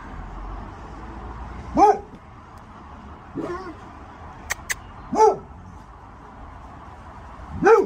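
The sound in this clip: Boxer dog giving sparse, short yelping calls that rise and fall in pitch, a few seconds apart, with two sharp clicks and a steady background hiss.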